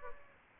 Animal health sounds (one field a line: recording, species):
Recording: mosquito wingbeat signal from an infrared sensor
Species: Aedes aegypti